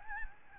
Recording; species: mosquito wingbeat signal from an infrared sensor; Aedes albopictus